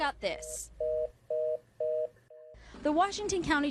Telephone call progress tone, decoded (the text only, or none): reorder tone